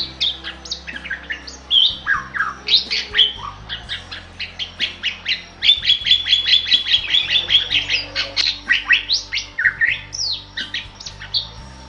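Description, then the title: Bali myna giving a vigorous, continuous song of chattering notes, sharp clicks and one long held whistle amid rapid repeated chirps, with a faint low hum in the background. Indonesian title calls the bird gacor, describing a vigorous, continuous singing style. "Jalak Bali Gacor"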